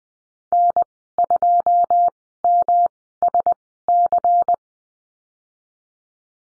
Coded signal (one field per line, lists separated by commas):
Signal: Morse code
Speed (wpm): 20 wpm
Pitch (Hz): 700 Hz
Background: none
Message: N2MSC